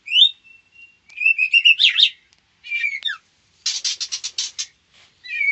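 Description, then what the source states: White-rumped shama song: a sharp whistled note and thin steady tone, then warbled slurs, a dry rapid rattle of buzzy notes, and a final rising whistle. Female.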